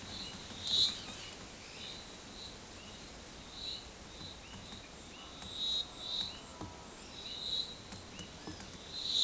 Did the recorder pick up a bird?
no